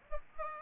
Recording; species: mosquito wingbeat signal from an infrared sensor; Aedes aegypti